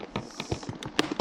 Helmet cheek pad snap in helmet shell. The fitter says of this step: oh heard it snap that that's good